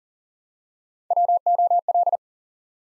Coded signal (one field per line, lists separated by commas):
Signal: Morse code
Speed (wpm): 39 wpm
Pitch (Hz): 700 Hz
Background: none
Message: WOL